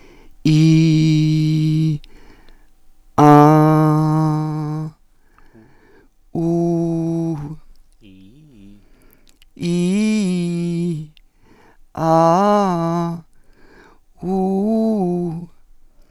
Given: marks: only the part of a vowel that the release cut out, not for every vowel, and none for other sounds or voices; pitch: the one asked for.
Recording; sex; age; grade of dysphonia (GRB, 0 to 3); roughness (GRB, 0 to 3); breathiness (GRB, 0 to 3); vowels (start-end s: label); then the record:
sustained vowels; female; 50 to 59 years; 3; 3; 1
0.53-1.82 s: vowel /i/, low pitch
3.50-4.58 s: vowel /a/, low pitch
6.45-7.36 s: vowel /u/, low pitch
9.71-10.85 s: vowel /i/, low-high-low pitch
12.05-13.04 s: vowel /a/, low-high-low pitch
14.29-15.27 s: vowel /u/, low-high-low pitch
From the record:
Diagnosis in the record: recurrent laryngeal nerve paralysis, Reinke's edema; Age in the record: 56 years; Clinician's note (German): Doppelseitige nach Strumektomie + Reinke- Ödem beidseitig, Stridor!